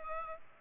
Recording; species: mosquito wingbeat signal from an infrared sensor; Culex pipiens